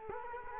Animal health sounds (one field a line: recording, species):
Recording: mosquito wingbeat signal from an infrared sensor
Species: Culex quinquefasciatus